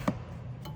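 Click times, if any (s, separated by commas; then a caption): none. The collar connector of an LED whip light pole is twisted onto its bike mount, searching for its locking notch. A sharp tap of handling at 0.1 s and a softer knock at 0.7 s sit over a low steady hum. Nothing has seated or clicked yet.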